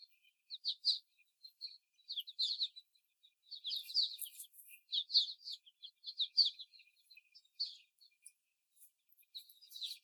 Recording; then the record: young laying hens in a cage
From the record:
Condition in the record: before the stressor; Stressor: simulated dog barking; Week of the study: 4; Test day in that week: 2